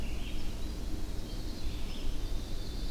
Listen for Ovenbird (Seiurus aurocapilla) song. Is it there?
no